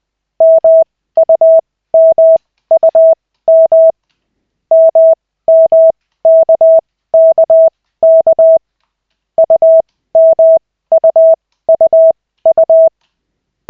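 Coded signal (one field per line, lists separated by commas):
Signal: Morse code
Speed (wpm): 20 wpm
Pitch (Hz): 650 Hz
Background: none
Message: MUMUM MMKKK UMUUU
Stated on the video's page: Koch-method Morse practice, lesson 2 of 40, in 5-minute sessions generated by the LCWO.net website.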